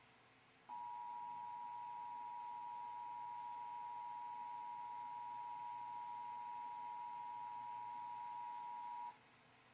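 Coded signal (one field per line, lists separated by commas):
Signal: Emergency Alert System (SAME) tones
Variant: 853 and 960 Hz attention tone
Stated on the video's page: Oregon Required Monthly Test captured on three channels.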